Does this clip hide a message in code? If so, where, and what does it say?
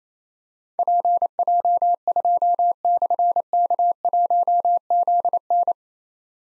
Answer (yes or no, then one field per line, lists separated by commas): yes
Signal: Morse code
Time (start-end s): 0.8-5.7 s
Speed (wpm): 29 wpm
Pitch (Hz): 700 Hz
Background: none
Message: PJ2/K1ZN